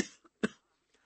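Two short, harsh cough bursts about half a second apart, with faint smaller sounds between them, in a quiet small room. It is an acted cough portraying someone who can't stop coughing.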